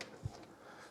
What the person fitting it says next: it just clicks into place.